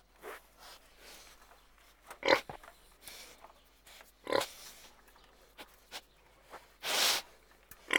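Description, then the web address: Pigs grunting: short, irregular rough grunts and snorts scattered throughout, with one longer breathy snort near the end. Several pigs grunting. "KMP Film Video Sound Effects. Varkens - Geknor"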